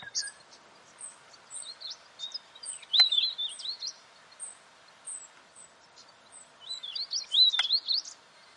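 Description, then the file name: Weebill song, high sweet whistled phrases rising and falling, heard twice with a pause between, while a steady series of thin, very high chips runs throughout. "canto do gerigono de bico curto"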